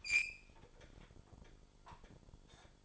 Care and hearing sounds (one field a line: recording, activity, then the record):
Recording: daily activity, microphone in the room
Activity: open fridge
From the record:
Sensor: 5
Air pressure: 1007.9 hPa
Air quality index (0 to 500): 98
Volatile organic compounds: 1 ppm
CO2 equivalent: 764 ppm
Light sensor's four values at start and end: 39/89/37/38 and 40/92/39/40